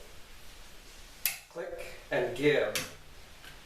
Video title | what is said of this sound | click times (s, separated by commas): SL-C BUILD Clutch install | it has a little click and | 1.3 s